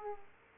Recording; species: mosquito wingbeat signal from an infrared sensor; Aedes aegypti